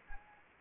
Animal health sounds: mosquito wingbeat signal from an infrared sensor; Anopheles arabiensis

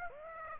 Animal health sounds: mosquito wingbeat signal from an infrared sensor; Aedes aegypti

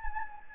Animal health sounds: mosquito wingbeat signal from an infrared sensor; Anopheles gambiae

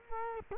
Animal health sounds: mosquito wingbeat signal from an infrared sensor; Culex quinquefasciatus

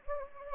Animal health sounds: mosquito wingbeat signal from an infrared sensor; Anopheles gambiae

